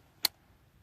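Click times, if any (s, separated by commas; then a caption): 0.2 s. The right-side paraglider risers are seated into an open harness carabiner, and its spring gate snaps shut on the riser with a single sharp, bright click at 0.3 s against a quiet background. The risers are confirmed seated and the carabiner is closed.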